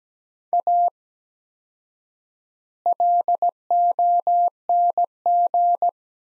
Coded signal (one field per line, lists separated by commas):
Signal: Morse code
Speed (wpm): 17 wpm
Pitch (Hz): 700 Hz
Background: none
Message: A LONG